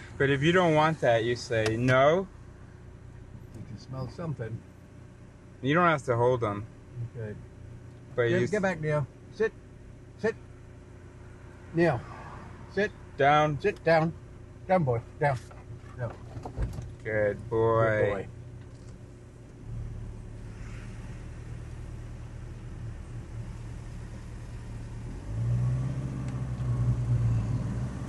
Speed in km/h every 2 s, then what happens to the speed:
0, 0, 0, 0, 0, 0, 0, 0, 0, 0, 0, 2, 4, 12.
0-23 standing. 23-28 pulls away to 12.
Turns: none.